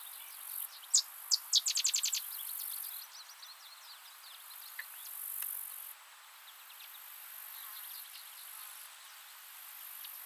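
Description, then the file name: Sedge wren song opening with spaced high chips that run into a quick, dry chattering trill, amid a continuous background of faint high chirps. "Cistothorus stellaris - Sedge Wren"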